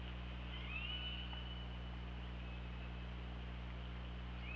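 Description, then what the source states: Killer whale call: a long, wavering, whistle-like tone that rises at the start, followed by a brief upswept call at the end, over constant low rumble and hiss. Recorded on the OrcaLab hydrophone on 24 August 2017 at 08:08.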